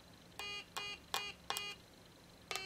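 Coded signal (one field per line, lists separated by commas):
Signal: none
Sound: electronic music maker tones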